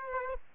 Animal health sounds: mosquito wingbeat signal from an infrared sensor; Aedes aegypti

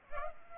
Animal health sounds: mosquito wingbeat signal from an infrared sensor; Culex pipiens

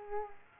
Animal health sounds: mosquito wingbeat signal from an infrared sensor; Culex quinquefasciatus

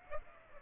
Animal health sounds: mosquito wingbeat signal from an infrared sensor; Aedes aegypti

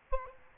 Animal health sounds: mosquito wingbeat signal from an infrared sensor; Aedes albopictus

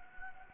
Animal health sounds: mosquito wingbeat signal from an infrared sensor; Anopheles gambiae

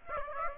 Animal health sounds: mosquito wingbeat signal from an infrared sensor; Aedes aegypti

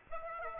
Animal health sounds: mosquito wingbeat signal from an infrared sensor; Aedes aegypti

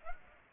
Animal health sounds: mosquito wingbeat signal from an infrared sensor; Aedes aegypti

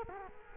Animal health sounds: mosquito wingbeat signal from an infrared sensor; Culex quinquefasciatus

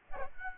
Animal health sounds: mosquito wingbeat signal from an infrared sensor; Aedes albopictus

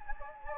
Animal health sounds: mosquito wingbeat signal from an infrared sensor; Anopheles gambiae

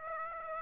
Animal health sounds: mosquito wingbeat signal from an infrared sensor; Aedes aegypti

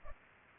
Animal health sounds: mosquito wingbeat signal from an infrared sensor; Culex pipiens

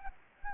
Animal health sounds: mosquito wingbeat signal from an infrared sensor; Anopheles gambiae

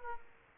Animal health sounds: mosquito wingbeat signal from an infrared sensor; Aedes aegypti

